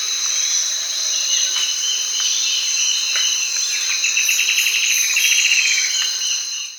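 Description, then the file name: A bird gives a rapid pulsed trill that slides slightly downward, over a steady high-pitched insect chorus that runs throughout. "SABIOD 50 bird 2015"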